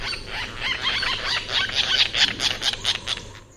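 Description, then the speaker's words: White Tern calls: high, squeaky chattering notes in a rapid, uneven series over a low hum. White terns recorded in the Seychelles, in the Indian Ocean. "Here's the sound of white terns in the Seychelles"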